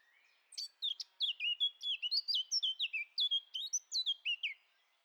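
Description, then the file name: Eurasian blackcap singing a loud, continuous phrase of bright fluty whistles, each note swooping down, delivered rapidly for about four seconds. "Sylvia atricapilla"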